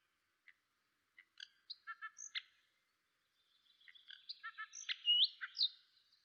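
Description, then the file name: Common nightingale song, fairly quiet: scattered clicks and short notes building into a jumble of slurred whistles and chirps. "Luscinia megarhynchos"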